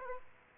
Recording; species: mosquito wingbeat signal from an infrared sensor; Aedes aegypti